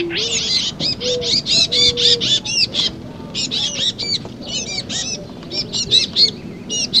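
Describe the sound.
Titmouse calls: rapid runs of harsh, buzzy high notes, with a few low, steady tones in the first couple of seconds.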